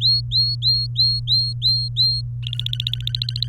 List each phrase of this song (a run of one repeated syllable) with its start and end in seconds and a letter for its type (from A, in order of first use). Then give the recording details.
0.01-2.21 A, 2.43-3.49 B. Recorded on 24 April 2018 at 11:36. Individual llb3